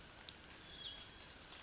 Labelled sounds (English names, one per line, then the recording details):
Hutton's Vireo
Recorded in Sonoma County, California